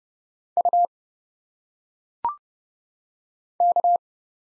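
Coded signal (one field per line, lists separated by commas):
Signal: Morse code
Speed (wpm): 31 wpm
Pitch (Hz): 700 Hz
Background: none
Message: U K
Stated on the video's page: Morse practice of single letters at 30 wpm, each sent, spoken with phonetic pronunciation, then sent again.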